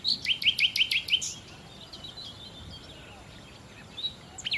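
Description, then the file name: Common nightingale song: a brief fast run of sharp repeated notes at the start, then faint scattered chirps over a steady hiss of background noise. "Nachtigall"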